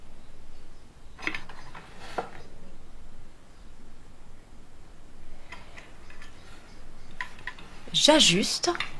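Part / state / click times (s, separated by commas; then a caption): fan cover base onto mounting / not seated / none. A KlassFan Modulo ceiling fan's cover base (canopy) is adjusted with its screws on its mounting, producing short sharp taps and clinks scattered through the clip, with a louder cluster near the end. Someone talks briefly. Nothing has seated or clicked into place yet.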